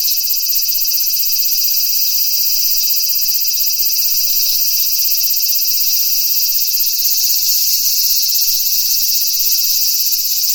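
Cicada chorus as an even, high-pitched drone with a fast regular pulse, the texture shifting slightly partway through.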